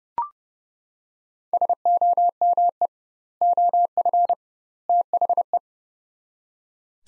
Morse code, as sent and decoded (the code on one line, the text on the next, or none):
... --- -- . / --- ..-. / - .... .
SOME OF THE